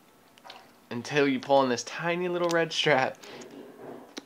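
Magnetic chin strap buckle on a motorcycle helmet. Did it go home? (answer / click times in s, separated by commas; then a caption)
no / none. Someone talks while handling the magnetic chin strap buckle on a motorcycle helmet, with a few faint ticks of handling around the speech. Nothing has seated or clicked yet; the buckle has not snapped locked by the end of the clip.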